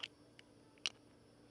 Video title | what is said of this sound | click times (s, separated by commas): Boost Your Crosstrek with a Dual Battery Upgrade - Roam Roadless | then it just kind of snaps in place | 0.9 s